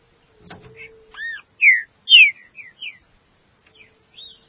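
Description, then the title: Green-winged saltator: a brief run of clear whistled notes, with two loud downward-slurred ones in the middle, after a single knock at the start. "Trinca Ferro"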